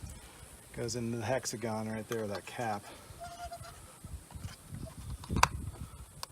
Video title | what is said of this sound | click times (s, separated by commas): Chevy Sonic Oil Change 1.4L Turbo | hear it lock and | 5.4 s